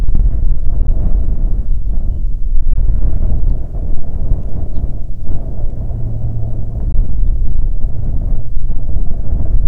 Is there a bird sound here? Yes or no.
yes